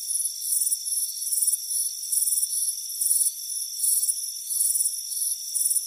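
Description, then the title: Cricket chirps in quick, slightly uneven high bursts, repeating above a constant ringing insect drone. "Soothing Crickets Chirping Sound"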